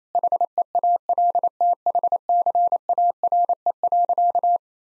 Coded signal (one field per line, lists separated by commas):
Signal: Morse code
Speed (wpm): 27 wpm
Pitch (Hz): 700 Hz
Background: none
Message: HEALTHCARE.